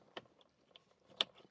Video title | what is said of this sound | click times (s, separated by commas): Philosin/Citreal Radio Install: 2015 Chevy Colorado Z71 | Like that. Kind of clicks into place a little bit. | 1.2 s